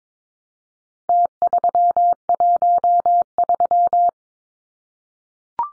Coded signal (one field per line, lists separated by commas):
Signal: Morse code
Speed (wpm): 22 wpm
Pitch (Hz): 700 Hz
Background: none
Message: T313